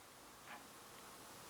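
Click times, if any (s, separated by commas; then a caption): none. A gas tube fitting on a Brown's gas 1800 machine is turned to the side and handled toward its port on the gas generator. Steady broadband noise is heard throughout, with a brief soft rustle around 0.5 s. Nothing has seated or clicked yet.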